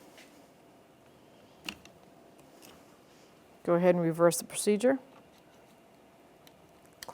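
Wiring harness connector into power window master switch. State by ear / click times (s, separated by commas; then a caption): seated / 7.0 s. While reinstalling a new power window master switch in a 2011-2021 Jeep Grand Cherokee, the wiring harness connector is pushed into the back of the switch, and then the red locking tab is pushed down. Someone talks briefly in the middle, with a few faint clicks and taps around it. A sharp click at 7.0 s marks the connector seating into the switch.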